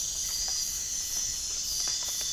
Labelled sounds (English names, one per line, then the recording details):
none
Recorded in pastures near Puerto Asís, Putumayo, Colombia, on 25 June 2025 at 04:30
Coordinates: 0.466, -76.322
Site GP07